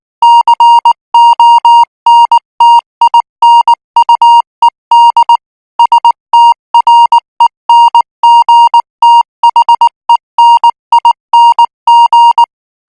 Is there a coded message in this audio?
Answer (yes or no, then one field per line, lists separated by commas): yes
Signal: Morse code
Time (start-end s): 0.2-12.4 s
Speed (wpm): 19 wpm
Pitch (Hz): 940 Hz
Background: music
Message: CONTINUED STRENGTHENING